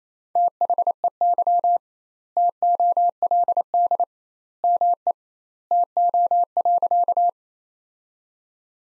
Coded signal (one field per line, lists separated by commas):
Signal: Morse code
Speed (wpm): 28 wpm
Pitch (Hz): 700 Hz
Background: none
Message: THEY TOLD ME TO.